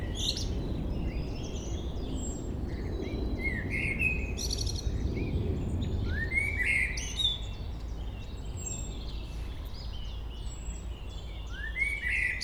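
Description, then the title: Common blackbird sings phrases of fluty, upward-sliding notes mixed with squeaky high twitters, spaced a few seconds apart, over low rumbling background noise. Local blackbird singing, recorded at Chindrieux, France. "Chemin des cris, Chindrieux, France - Merle"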